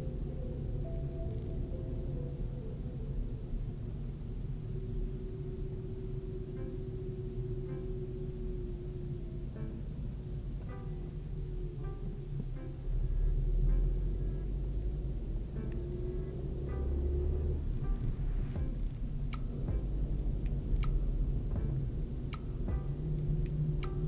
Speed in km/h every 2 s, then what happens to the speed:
28, 28, 26, 25, 25, 20, 13, 19, 28, 31, 32, 35.
0-9 steady at about 26. 9-12 brakes to 13. 12-24 speeds up to 35.